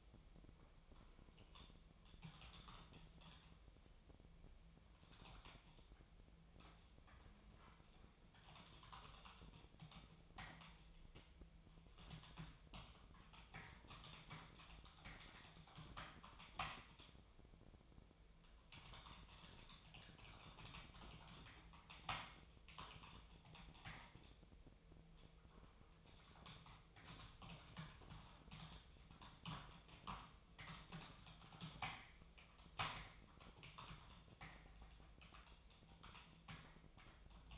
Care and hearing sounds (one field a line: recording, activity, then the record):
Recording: daily activity, microphone in the room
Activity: typing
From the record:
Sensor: 1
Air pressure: 999.2 hPa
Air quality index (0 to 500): 209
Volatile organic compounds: 51 ppm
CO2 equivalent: 3309 ppm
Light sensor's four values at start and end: 9/22/8/9 and 9/22/8/9